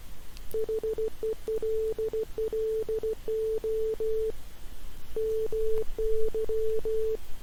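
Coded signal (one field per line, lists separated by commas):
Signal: Morse code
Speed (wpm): 15 wpm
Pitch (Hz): 440 Hz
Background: none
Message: HELLO MY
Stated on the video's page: Morse generated by a Python program translating speech-recognized text into Morse.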